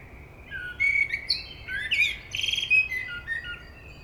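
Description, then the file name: Common blackbird song, a run of warbled, slurred whistles around mid pitch, breaking into a higher scratchy twitter near the middle before softer whistles trail off. "Turdus merula"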